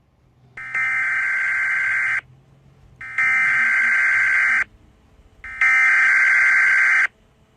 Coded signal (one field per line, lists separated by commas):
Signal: Emergency Alert System (SAME) tones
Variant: header bursts